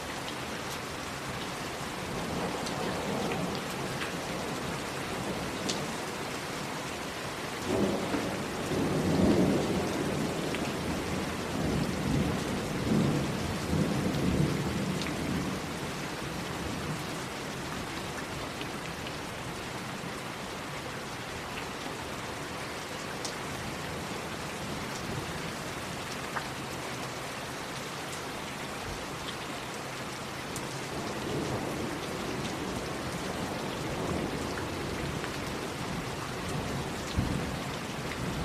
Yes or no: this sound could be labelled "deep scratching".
no